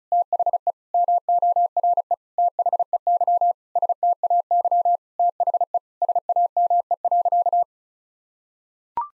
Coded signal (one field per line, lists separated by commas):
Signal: Morse code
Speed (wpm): 34 wpm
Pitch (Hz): 700 Hz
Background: none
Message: THE MORE THEY STAY THE SAME.